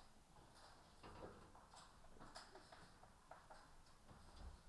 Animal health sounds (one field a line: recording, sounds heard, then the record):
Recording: poultry house recording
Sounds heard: healthy chickens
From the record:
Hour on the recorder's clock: 14